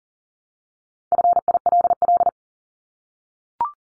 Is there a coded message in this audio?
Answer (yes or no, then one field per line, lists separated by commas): yes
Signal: Morse code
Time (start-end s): 1.1-2.3 s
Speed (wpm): 40 wpm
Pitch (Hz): 700 Hz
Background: none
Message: FILL